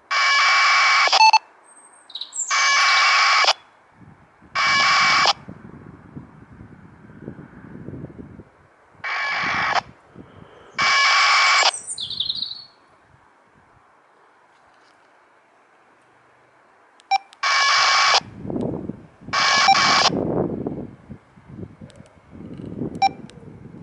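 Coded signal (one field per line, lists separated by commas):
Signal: packet radio (AX.25, as in APRS)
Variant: 1200 baud AFSK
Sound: about eight short harsh warbling data bursts, some followed by brief beeps, hiss between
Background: radio static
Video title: ISS-APRS with TH-D72 + MFJ-1714 The Long Ranger 2 Meter ½ wave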